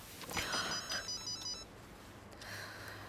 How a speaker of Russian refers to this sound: Девушке звонит мобильный. Она выходит в другую комнату.